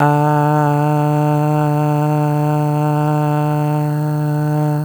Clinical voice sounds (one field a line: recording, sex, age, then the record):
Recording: sustained vowel /a/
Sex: male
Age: 18 to 19 years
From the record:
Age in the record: 19 years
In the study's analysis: included